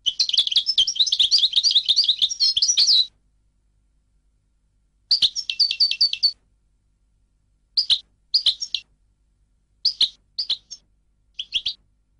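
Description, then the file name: European goldfinch song: a long tinkling twitter phrase, a shorter one, then several brief chirping bursts. "audio burung goldfinch"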